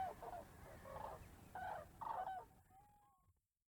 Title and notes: Grues en vol - Polder Glies - Bremerhaven, Germany Avec les déclenchements de Thomas Heran. Flying Cranes - Polder Glies - Bremerhaven, Germany With the photographic clicks of Thomas Heran